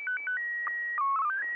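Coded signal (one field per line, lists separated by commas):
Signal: SSTV (slow-scan television)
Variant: PD 120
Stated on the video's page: SSTV transmission from the ISS amateur radio station (ARISS), received on the ground.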